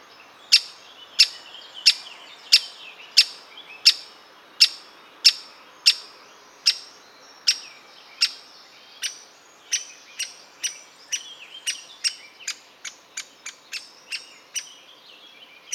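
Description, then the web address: Great spotted woodpecker calls: sharp, high kik notes repeated about every two-thirds of a second, softer squeaky chatter in between, gradually weakening toward the end. Hungry juvenile. "Pic Epeiche Jeune Affame"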